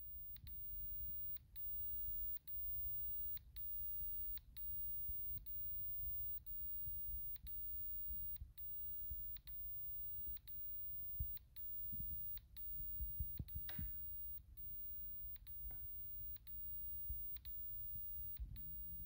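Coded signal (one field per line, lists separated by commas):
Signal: radio time signal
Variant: DCF77 emulation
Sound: regular soft clicks about once per second over a faint high whine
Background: quiet room noise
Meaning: Time code that synchronizes a radio-controlled watch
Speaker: works you see seconds here are exactly the same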